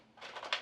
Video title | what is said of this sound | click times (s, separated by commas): Budget Gaming PC Guide 2024 - Full Build Guide | now sata's a nice strong connection you should hear a click there | 0.5 s